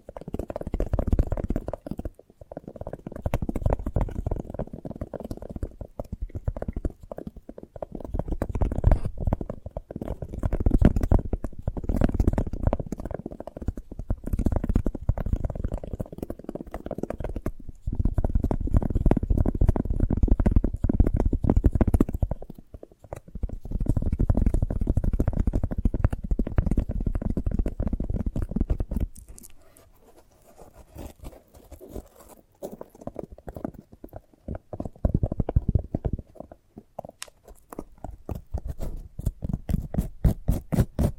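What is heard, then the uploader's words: ASMR sounds of a sprouted coconut: a dense, low, muffled crunching and rubbing that comes in repeated bursts with brief pauses for the first half minute. After about 29 seconds it turns quieter and sparser, with sharp little clicks and taps. ASMR of a Sprouted Coconut (No Talking).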